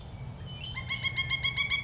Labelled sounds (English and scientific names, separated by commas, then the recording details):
Pileated Woodpecker (Dryocopus pileatus)
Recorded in Sonoma County, California